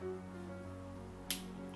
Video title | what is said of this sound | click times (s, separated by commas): Processing colour C-41 film with The Fuji Hunt X-press kit | we go there's a click there then you put the second you push the second one here | 1.3 s